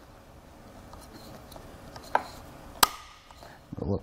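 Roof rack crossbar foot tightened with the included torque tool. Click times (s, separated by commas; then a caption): 2.2 s, 2.8 s. A Thule WingBar Evo roof rack crossbar foot clamp on a 2018 Hyundai Tucson is tightened with the included torque-limiting tool. Quiet ratcheting is followed by two loud, sharp clicks at 2.2 s and 2.8 s as the tool reaches its setting, confirming the clamp is torqued down correctly. Someone talks briefly.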